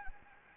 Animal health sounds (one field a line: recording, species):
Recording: mosquito wingbeat signal from an infrared sensor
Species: Anopheles gambiae